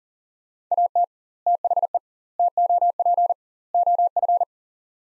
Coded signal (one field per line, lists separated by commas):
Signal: Morse code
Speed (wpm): 40 wpm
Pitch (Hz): 700 Hz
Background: none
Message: AT THE TOP OF